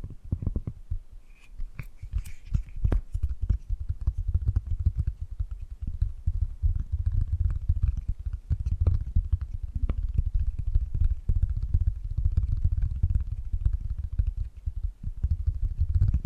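Tapping and gripping sounds come in a dense, continuous run of quick, irregular strikes and scrapes for the full sixteen seconds. Most of the sound sits low and thuddy, with sharper clicks flicking through. A few brighter accents stand out around the second and third seconds.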